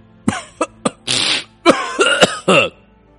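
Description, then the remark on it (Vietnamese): A run of dry coughs: three short, sharp hacks, then a longer rasping burst and several harsher, throaty coughs in quick succession. Loud, with no talking. “Giả Chu ho khan liên tục, nắm chặt tay Đồng Phương Kính.”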